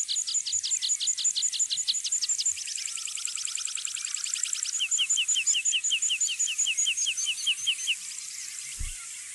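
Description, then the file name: Meadow pipit song moving through several phrases of thin repeated notes, changing pace and pitch between sections; a soft thump sounds near the end. "heipipelerke"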